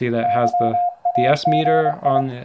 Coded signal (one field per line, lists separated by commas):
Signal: Morse code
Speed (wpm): 23 wpm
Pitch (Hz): 710 Hz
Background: speech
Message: YAGI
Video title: RadioSet-GO converted YouKits HB-1B QRP overview, part 2 of 2